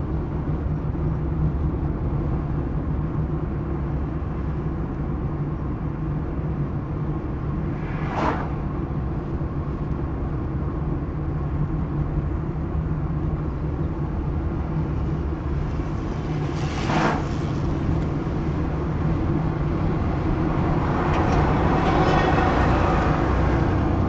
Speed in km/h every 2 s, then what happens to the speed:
66, 64, 65, 65, 63, 63, 63, 65, 68, 70, 70, 76.
0-12 steady at about 64. 12-24 speeds up to 76.